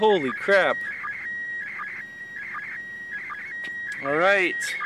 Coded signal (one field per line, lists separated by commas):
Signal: SSTV (slow-scan television)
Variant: PD 180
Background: speech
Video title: My First ISS SSTV reception - April 2015